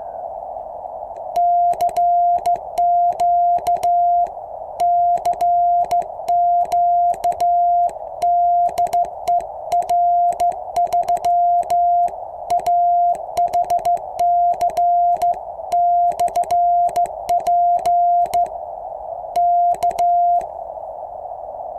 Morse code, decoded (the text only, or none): CQ CQ DE R3AHC/P K